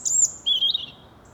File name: Erithacus rubecula